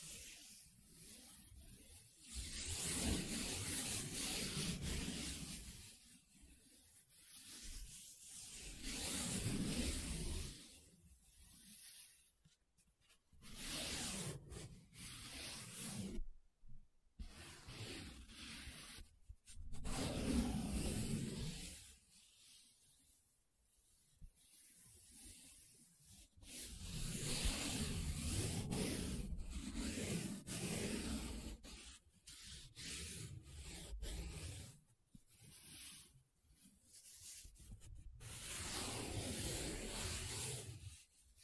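Paper being rubbed and scratched in long, dense swishing strokes that rise and fade, broken by short pauses and a few sharp scrapes.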